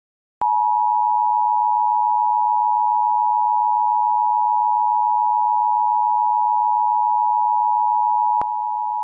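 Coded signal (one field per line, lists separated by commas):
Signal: Emergency Alert System (SAME) tones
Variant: 853 and 960 Hz attention tone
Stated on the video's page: Missouri child abduction emergency alert relayed on a radio station.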